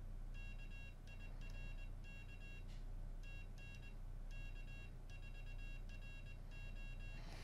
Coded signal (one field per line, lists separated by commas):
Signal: Morse code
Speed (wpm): 20 wpm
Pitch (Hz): 3300 Hz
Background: none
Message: KIRK TN K4RO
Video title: CW Practice | winKeyer!